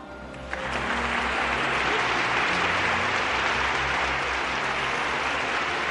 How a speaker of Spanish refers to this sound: Un fuerte aplauso para el Doctor Amor.